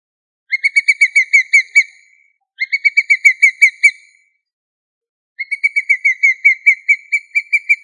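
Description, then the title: Chicken giving rapid runs of high, ringing whistled notes in three bursts separated by silent gaps; background otherwise quiet. "manok ostrali"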